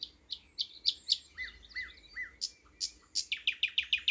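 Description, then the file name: Thrush nightingale song: clicking notes, three slurred down-falling whistles, then a fast repeated series of loud sharp chops. "thrush nightingale - luscinia luscinia"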